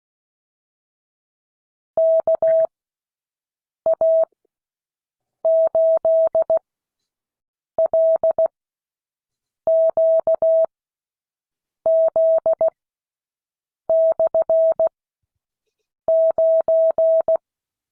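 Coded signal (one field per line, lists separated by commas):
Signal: Morse code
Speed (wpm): 16 wpm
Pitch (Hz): 650 Hz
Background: none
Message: KA8LQZ/9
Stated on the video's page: Morse code class lesson.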